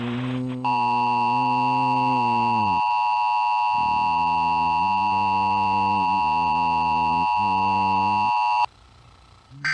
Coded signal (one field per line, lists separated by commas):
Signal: Emergency Alert System (SAME) tones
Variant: 853 and 960 Hz attention tone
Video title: Xfinity X1 Flash Flood Warning (Jul 1, 2021 - EAS #32) in CoNfUsIoN